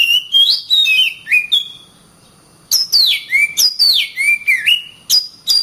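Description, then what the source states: Oriental magpie-robin song: loud varied whistled phrases sliding between high and mid pitches, interspersed with sharp chirps, with a pause of about a second midway. Kacer master recording.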